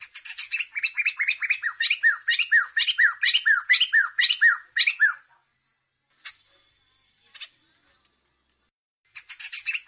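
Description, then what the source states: Bird song: fast repeated rising notes with buzzy high chatter above, ending after about five seconds; brief clicks, then the chatter returns. Training songs used to teach caged songbirds (masteran).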